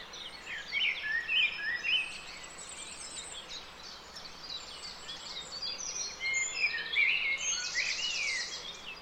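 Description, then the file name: Common blackbird singing whistled phrases near the start and again later, amid a dense chorus of high twittering birds. "Turdus merula"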